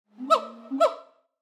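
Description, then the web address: Colobus monkey giving a double hoot: two short, harmonic hoots about half a second apart, each with a breathy upper edge, then silence. "Blastwave ANIMALS Monkey Colobus"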